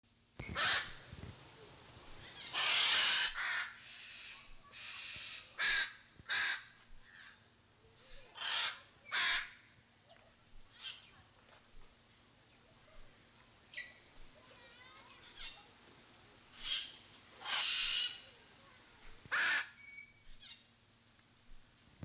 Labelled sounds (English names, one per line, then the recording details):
Hyacinth Macaw call
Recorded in captivity
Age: adult
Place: Zoo Leipzig, Sachsen, DE
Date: 2003-10-01 17:20
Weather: heiter, 16°C
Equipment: Fair Mate ST-1328 (Asahi Electronics, Japan), Sennheiser ME 80, Kopie Uher 4000 Report Monitor
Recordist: Tembrock, Günter